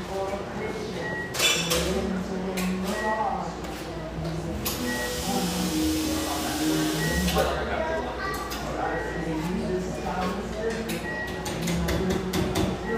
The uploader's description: industrial-aesthetic cafe in Portland's pictureesque Grant Park neighborhood